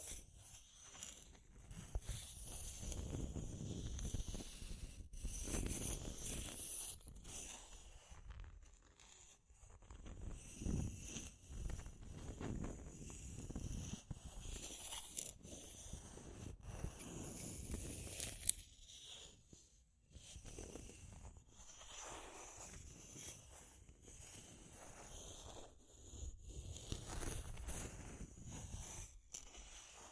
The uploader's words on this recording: Deep Scratching. (No Talking).